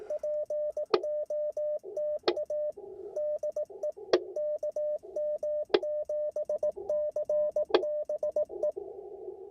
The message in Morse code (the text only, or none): POTA DE KM7CBE